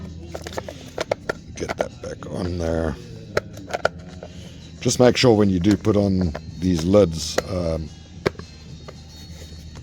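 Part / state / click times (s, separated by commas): plastic lid on an engine bay fuse and relay box / seated / 8.3 s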